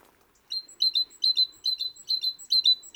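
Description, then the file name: Great tit giving a steady series of sharp, high two-note phrases, clear and evenly repeated after a brief quiet start. "Parus major"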